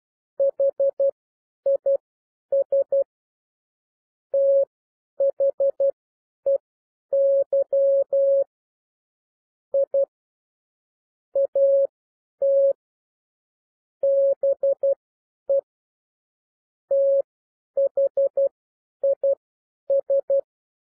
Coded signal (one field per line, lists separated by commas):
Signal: Morse code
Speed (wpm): 12 wpm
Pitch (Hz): 550 Hz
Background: none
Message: HIS THEY I AT BE THIS